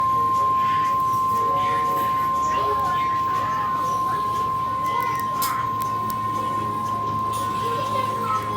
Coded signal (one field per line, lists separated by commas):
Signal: Emergency Alert System (SAME) tones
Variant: 1050 Hz attention tone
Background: speech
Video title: Another Another Severe Thunderstorm Warning On NOAA Weather Radio